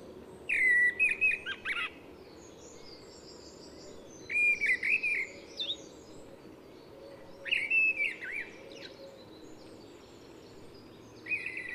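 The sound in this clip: Mistle thrush song in four short whistled phrases separated by pauses, each a run of clear fluting notes with higher, thinner notes.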